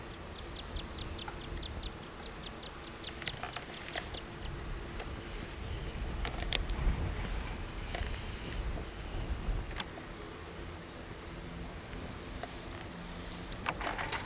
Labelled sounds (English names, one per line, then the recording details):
Water Pipit call
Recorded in the wild
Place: Grindelwald, Bern, CH
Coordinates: 46.6306, 8.05389
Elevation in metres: 1155
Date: 1979-06-09
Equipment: Uher 4000 Report, Sennheiser MKH 815 T
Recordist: Tretzel, Erwin